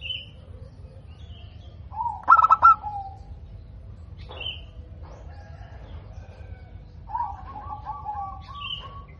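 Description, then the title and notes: Zebra dove, a single brisk burst of cooing notes early on, then scattered faint high chirps and a later rippling trill. Local (lokal) bird, described as singing actively (gacor) with a clear, ringing, loud voice (suara kristal lantang). "PERKUTUT LOKAL GACOR Suara KRISTAL LANTANG. Kicau Burung Perkutut"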